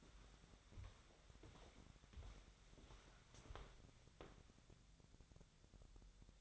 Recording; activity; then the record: daily activity, microphone in the room; walk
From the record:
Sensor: 3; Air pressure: 1015.3 hPa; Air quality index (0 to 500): 124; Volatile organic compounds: 5 ppm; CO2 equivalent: 1751 ppm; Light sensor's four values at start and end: 16/42/17/18 and 16/42/17/18